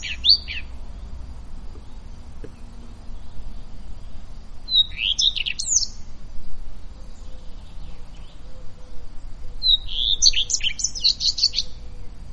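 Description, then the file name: Common redstart song: three short, high, varied phrases of whistles and scratchy twitters, spaced several seconds apart, with low background rumble. Recorded 27 May 2016. "Rougequeue a front blanc Vers 27-05-2016"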